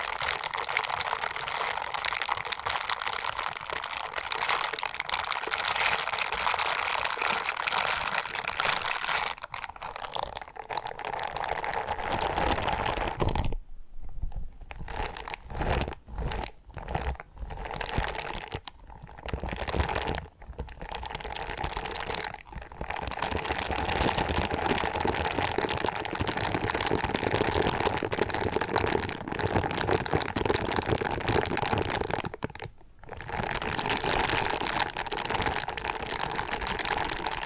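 Purring sounds, a dense, steady rumble with a soft crackly texture that fills the whole clip. Between about 13 and 23 seconds it breaks into choppy bursts with brief gaps, and it drops out once near 33 seconds before resuming.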